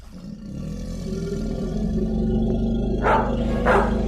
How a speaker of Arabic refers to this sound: كلاب سوداء هائجة تنبح، نمور، تنانين، أفاعي.